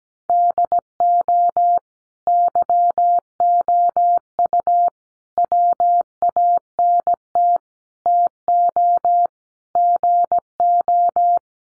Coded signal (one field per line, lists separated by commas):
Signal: Morse code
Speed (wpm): 17 wpm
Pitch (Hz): 700 Hz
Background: none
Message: DO YOU WANT TO GO